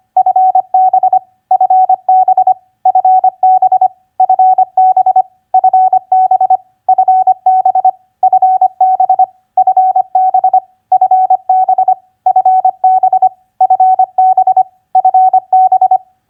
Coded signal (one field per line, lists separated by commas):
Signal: Morse code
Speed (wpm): 25 wpm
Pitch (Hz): 750 Hz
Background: none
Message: FB FB FB FB FB FB FB FB FB FB FB FB